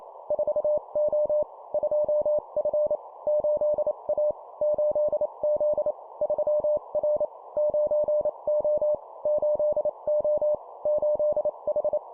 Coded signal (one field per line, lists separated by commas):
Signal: Morse code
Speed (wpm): 28 wpm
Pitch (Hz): 600 Hz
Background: none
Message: 4O 2F 8A 8Z 3R 9O 8O 8H